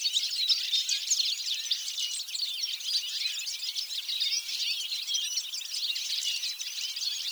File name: Carduelis carduelis